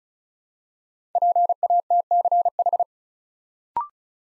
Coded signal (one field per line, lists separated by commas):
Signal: Morse code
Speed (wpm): 36 wpm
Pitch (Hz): 700 Hz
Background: none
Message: PATCH